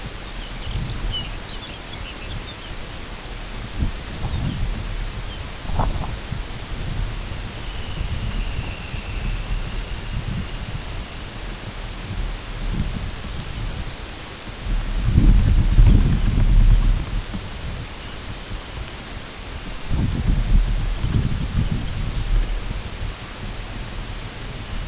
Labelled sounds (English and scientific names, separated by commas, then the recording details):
Lapland Longspur (Calcarius lapponicus), Dunlin (Calidris alpina), unidentified sound
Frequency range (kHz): Lapland Longspur (Calcarius lapponicus) 2.2-6.9 kHz; Dunlin (Calidris alpina) 2.1-3.7 kHz
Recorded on Arctic tundra, site UTQI-8, on 14 June 2019
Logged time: 08:00